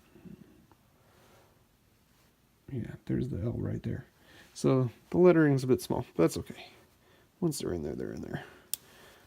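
Someone talks while the detachable metal cable connector of a Tin Audio T2 Pro in-ear earphone is pushed onto the left earphone's socket in its plastic shell. It snaps on with a single sharp click at 8.7 s, and the connector is seated.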